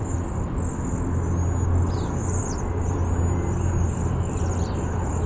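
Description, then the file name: Cedar waxwing calls, thin high sibilant seee notes, some arched and sliding, with a loud steady low rumble underneath. Bzee-seee call type. "CEDW bzee seee"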